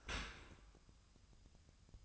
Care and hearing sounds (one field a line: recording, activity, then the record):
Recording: daily activity, microphone in the room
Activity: open dishwasher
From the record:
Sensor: 2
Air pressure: 1004.5 hPa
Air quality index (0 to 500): 115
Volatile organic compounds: 3 ppm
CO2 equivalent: 1397 ppm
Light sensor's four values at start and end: 6/15/6/6 and 6/15/6/6